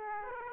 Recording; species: mosquito wingbeat signal from an infrared sensor; Aedes aegypti